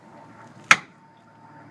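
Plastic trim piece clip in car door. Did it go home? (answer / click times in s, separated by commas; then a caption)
released / 0.7 s. A plastic interior door trim piece on a Honda Element car door is pulled from the bottom so its clip releases from the door. A single sharp click sounds at 0.7 s over a low, steady background. The clip releases and the trim piece comes free at the top.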